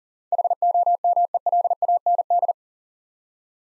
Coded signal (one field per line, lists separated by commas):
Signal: Morse code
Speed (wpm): 40 wpm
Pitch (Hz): 700 Hz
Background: none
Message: HOMELAND